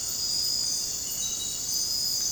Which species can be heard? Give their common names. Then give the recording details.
none. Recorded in dense forest near Puerto Asís, Putumayo, Colombia, on 18 February 2024 at 03:30. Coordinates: 0.486, -76.316. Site G6437